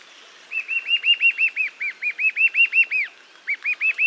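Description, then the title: Eastern sirystes giving a long fast run of arched, clear whistled notes, with one short pause near the end, over faint background hiss. Nominate subspecies, Sirystes sibilator sibilator. "LuckyPassaro Completos2Sama. Eastern Sirystes (Sirystes sibilator sibilator)"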